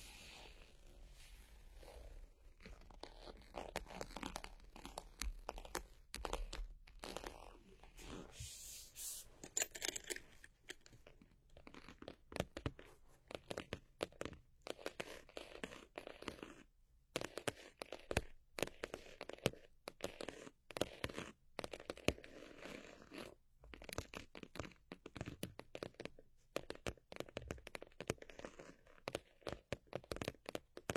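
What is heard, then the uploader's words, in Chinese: Fingernails scratch and tap in a dense, uneven run of short crisp sounds for the full half minute. Bright scraping bursts cluster around the first ten seconds, then sharper individual clicks and taps take over, spaced irregularly with brief pauses between. 指甲刮擦 敲击。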